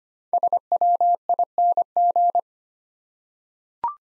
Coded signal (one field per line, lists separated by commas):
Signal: Morse code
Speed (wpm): 25 wpm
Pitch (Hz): 700 Hz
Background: none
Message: SWING